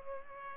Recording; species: mosquito wingbeat signal from an infrared sensor; Culex pipiens